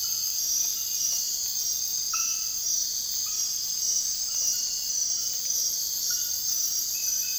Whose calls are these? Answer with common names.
none